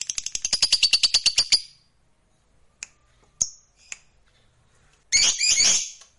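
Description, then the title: Lovebird starting with a quick rattling series of buzzy chirps, then scattered thin squeaks and a final harsh chattering burst. Fighter-type lovebird singing energetically (gacor). "Berkat SUARA Lovebird FIGHTER GACOR Ini"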